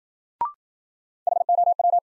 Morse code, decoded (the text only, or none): HOW